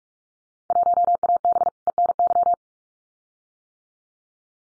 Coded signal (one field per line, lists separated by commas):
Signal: Morse code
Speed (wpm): 44 wpm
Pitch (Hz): 700 Hz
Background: none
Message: 1AB ENY